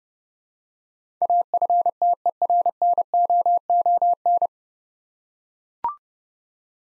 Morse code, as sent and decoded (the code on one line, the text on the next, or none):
.- ..-. - . .-. -. --- --- -.
AFTERNOON